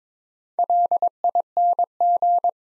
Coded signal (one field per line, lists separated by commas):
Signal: Morse code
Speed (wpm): 22 wpm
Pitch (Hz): 700 Hz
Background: none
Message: LING